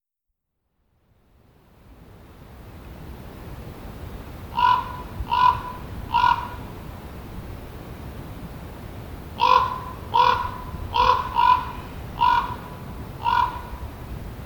Common Raven call recorded in the Pine Ridge Campsite area in Rocky Mountain National Park.